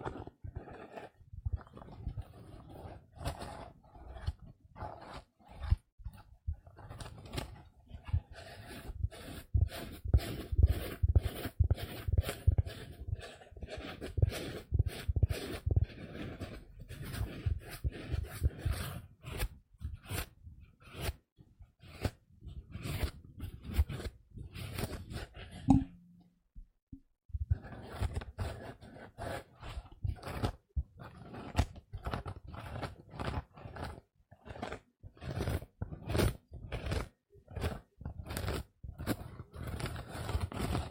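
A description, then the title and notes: A sponge scrapes back and forth against a surface in quick, steady strokes, some soft and muffled, others rough and gritty. The rubbing runs densely, with a low rumble under it, pausing briefly around 26 seconds before resuming. ASMR Sponge scratch Soft & Rough sounds (No Talking).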